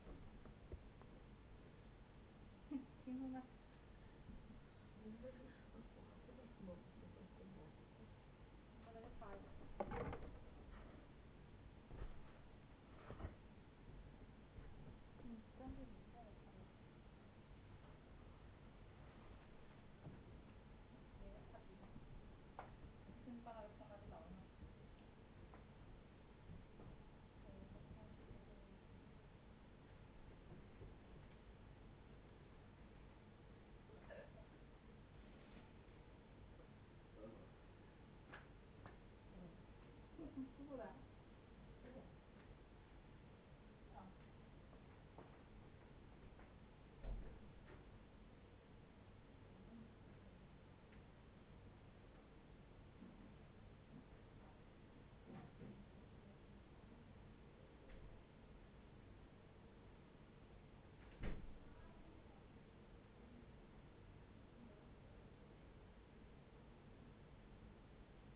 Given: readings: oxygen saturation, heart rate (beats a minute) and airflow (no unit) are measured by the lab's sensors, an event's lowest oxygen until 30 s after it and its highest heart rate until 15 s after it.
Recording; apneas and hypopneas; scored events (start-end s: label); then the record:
a person awake in a sleep study, by a voice recorder at the bedside; none
0.00-68.35 s: awake
0.00-68.35 s: awake
From the record:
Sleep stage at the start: awake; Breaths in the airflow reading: 26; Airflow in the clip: -0.6 to 1.0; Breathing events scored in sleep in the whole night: 496 in 5.4 hours asleep